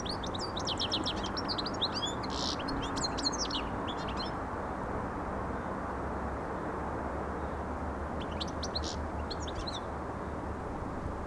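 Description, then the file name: European goldfinch song, a rapid, jangling twitter in the first few seconds and another brief burst later, over steady low background noise. "Carduelis carduelis"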